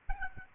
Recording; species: mosquito wingbeat signal from an infrared sensor; Aedes albopictus